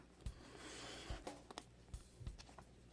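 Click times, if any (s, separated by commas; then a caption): none. The removable plastic head of a Star Wars Force Link Return of the Jedi action figure is pressed back onto its neck peg. Only soft handling rubs, low thumps and a few brief faint ticks are heard, the sharpest around 1.6 s, with no distinct snap. Nothing has seated or clicked yet.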